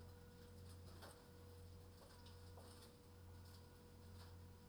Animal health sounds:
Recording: poultry house recording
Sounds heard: no chicken sound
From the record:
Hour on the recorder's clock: 21

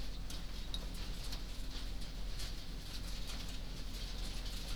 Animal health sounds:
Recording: poultry house recording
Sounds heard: no chicken sound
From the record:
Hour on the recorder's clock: 19

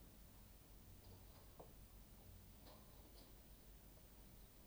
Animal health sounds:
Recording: poultry house recording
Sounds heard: no chicken sound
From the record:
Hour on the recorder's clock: 23

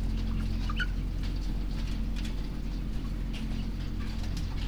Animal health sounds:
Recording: poultry house recording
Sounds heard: healthy chickens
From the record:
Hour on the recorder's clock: 21

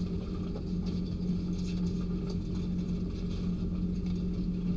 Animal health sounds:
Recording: poultry house recording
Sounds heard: no chicken sound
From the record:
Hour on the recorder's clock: 0

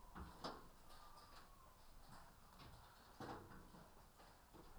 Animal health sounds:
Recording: poultry house recording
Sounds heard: healthy chickens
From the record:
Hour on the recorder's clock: 13

